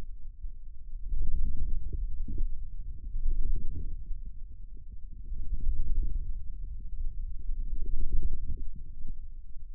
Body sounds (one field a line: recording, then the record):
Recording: forearm muscle sounds (acoustic myography)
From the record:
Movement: radial deviation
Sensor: system 2, bracelet of six BSWA MPA416 microphones around the upper forearm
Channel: 6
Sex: male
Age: 22 years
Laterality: right